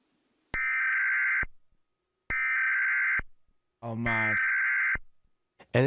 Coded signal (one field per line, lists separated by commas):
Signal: Emergency Alert System (SAME) tones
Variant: header bursts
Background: speech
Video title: Brit Reacts to America's Emergency Alert Systems (EAS) are Scary...